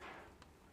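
The built-in spindle lock wrench on a Milwaukee M12 FUEL 6-inch random orbital sander is pushed out and then pulled down until it clicks out and is released. A faint, short click lands at 0.4 s over a low, steady background hiss. No one talks.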